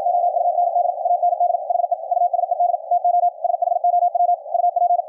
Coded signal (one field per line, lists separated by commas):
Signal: Morse code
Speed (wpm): 53 wpm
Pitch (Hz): 700 Hz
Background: radio noise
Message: OUND AND HE USED TO SHOW UP